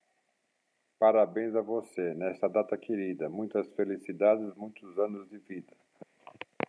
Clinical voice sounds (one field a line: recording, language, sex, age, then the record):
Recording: short text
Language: Brazilian Portuguese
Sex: male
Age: 60 to 69 years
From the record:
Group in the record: control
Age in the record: 62 years